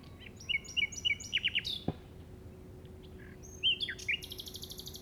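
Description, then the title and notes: Common nightingale song: a series of quick chirps, a sharp click, then another burst of rapid notes and a high buzzy trill. Llobregat Delta, recorded at 06:00 on 8 May 2015 with a Zoom recorder. "Grabación de ruiseñor común (Luscinia megarhynchos) en el Delta del Llobregat a las 06:00 del 08/05/2015."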